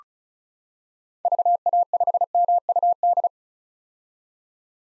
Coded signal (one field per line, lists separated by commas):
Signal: Morse code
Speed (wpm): 36 wpm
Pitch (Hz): 700 Hz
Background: none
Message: VA5MUD